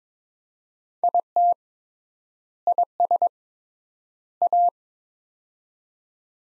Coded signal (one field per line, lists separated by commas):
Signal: Morse code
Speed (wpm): 22 wpm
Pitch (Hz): 700 Hz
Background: none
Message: IT IS A